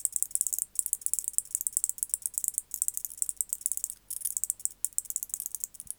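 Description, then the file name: White-faced bush-cricket song, bursts of fast, sharp high clicks separated by a few short pauses. "Decticus albifrons"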